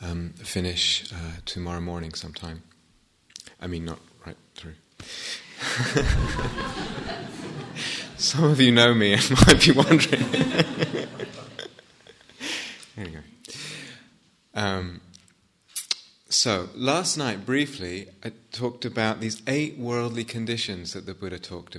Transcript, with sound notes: finish tomorrow morning sometime. I mean, not right through! [laughter] Some of you know me and might be wondering. [laughs] Last night, briefly, I talked about these eight worldly conditions that the Buddha talked about.